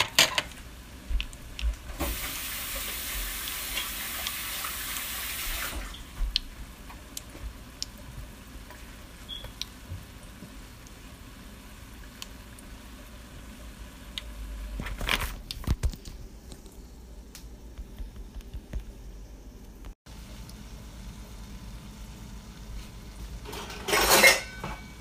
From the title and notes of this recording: First time cooking A S M R. Fried Oreos and funnel sticks ASMR style.